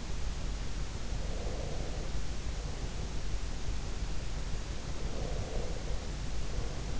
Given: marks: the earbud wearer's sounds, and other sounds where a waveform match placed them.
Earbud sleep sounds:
sounds in sleep by an in-ear microphone; breath
1.15-3.39 s: breath
4.95-6.87 s: breath

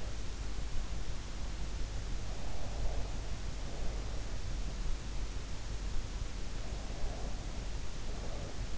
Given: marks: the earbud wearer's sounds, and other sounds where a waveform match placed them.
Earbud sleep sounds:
sounds in sleep by an in-ear microphone; breath
2.32-4.37 s: breath
6.60-8.78 s: breath

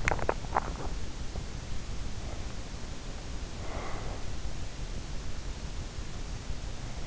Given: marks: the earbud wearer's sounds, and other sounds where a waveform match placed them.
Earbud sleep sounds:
sounds in sleep by an in-ear microphone; teeth grinding, breath
0.00-0.97 s: teeth grinding
3.75-4.20 s: breath

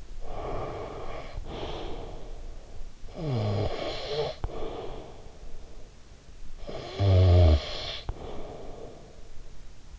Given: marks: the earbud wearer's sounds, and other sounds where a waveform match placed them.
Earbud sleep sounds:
sounds in sleep by an in-ear microphone; breath, snoring breath
0.00-2.85 s: breath
2.85-5.84 s: snoring breath
6.36-9.61 s: snoring breath

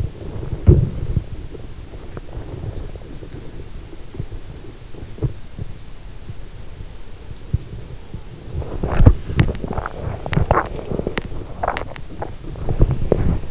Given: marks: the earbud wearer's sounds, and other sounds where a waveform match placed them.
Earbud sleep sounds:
sounds in sleep by an in-ear microphone; teeth grinding, breath
0.00-13.51 s: teeth grinding
3.45-4.45 s: breath
12.45-13.51 s: breath

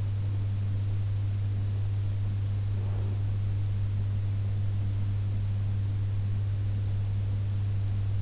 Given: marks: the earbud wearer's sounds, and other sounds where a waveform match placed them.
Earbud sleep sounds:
sounds in sleep by an in-ear microphone; breath
2.70-3.41 s: breath

